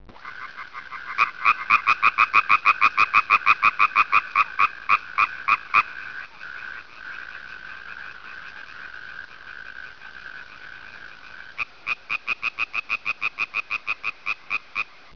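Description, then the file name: Frog croaking in rapid, regular pulsed bursts, a long rattling series, then a pause with a steady hum, and the pulsed rattling resumes near the end. "rane"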